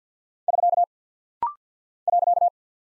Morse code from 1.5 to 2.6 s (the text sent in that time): .